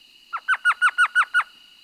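Elf Owl: a brisk series of seven high, falling yelps delivered in about a second, over a faint steady high tone.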